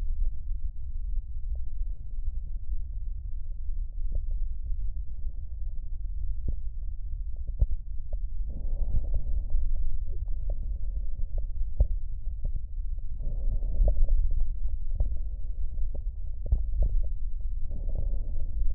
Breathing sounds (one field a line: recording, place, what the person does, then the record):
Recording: lung sounds by stethoscope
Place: left posterior basal chest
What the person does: quiet breathing, then deep breathing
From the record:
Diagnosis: COPD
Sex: male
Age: 81 years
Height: 166 cm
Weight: 98.7 kg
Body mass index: 35.8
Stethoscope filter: extended mode